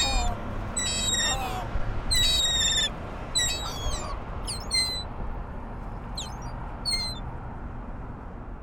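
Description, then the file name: Ring-billed gull calls, a series of harsh, harmonic cries given in bursts over about seven seconds, with steady low background noise throughout. Recorded in Baltimore, Maryland, on 18 December 2011. "Ring-billed Gull Baltimore MD 20111218"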